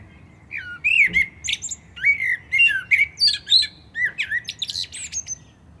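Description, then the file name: Common blackbird singing repeated mellow warbled notes in quick succession, interspersed with thin, high squeaky flourishes. "Turdus merula"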